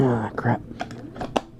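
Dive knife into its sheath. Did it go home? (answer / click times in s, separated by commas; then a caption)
yes / 1.4 s. Someone talks briefly, then a rope cutter / dive knife is pushed into its plastic sheath with a few soft scraping ticks around 0.8–1.2 s. It snaps home with a sharp click at 1.4 s, locking into place, held by a release button so it can't be pulled back out.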